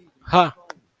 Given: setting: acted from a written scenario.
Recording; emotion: vocal sound without words; contempt